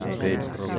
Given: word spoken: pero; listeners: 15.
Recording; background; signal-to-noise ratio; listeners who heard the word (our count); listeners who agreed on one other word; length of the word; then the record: one Spanish word in noise, from a listening test; eight-talker babble; 0.7 dB; 0 of 15; 7 of 15; 0.39 s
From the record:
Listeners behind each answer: 7, 2, 1, 1, 1, 1, 1, 1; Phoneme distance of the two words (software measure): 10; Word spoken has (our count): 2 syllables, 4 phonemes, stress on syllable 1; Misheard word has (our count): 2 syllables, 4 phonemes, stress on syllable 1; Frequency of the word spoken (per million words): 2953.04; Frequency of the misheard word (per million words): 49.92